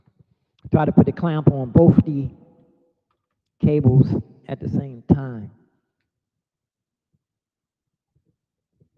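A charger clamp is being worked onto two battery cables at the same time while someone talks. Only quiet handling is heard, with no sharp hits, as the clamp is positioned; nothing has clicked or seated yet.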